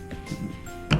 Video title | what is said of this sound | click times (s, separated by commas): PEX500 Set Up and Operations Training Video | female Quick Connect connect that until it clicks in onto the mail Quick Connect | 0.9 s